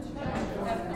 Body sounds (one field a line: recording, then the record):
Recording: background sound without coughing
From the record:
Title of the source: 60 minutes of coffee shop sounds for study and concentration